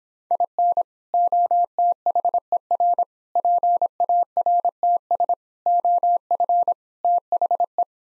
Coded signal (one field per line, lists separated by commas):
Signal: Morse code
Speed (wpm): 26 wpm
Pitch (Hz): 700 Hz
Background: none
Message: IN OTHER PARTS OF THE